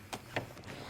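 The side arm panel of an Osaki OS 4000 massage chair is lowered onto the metal tube handles and bottom clips of the chair base. A short knock at 0.1 s is followed by a sharper, louder hit at 0.4 s, then a softer, longer rustle around 0.7 s. The panel seats onto the clips at 0.4 s.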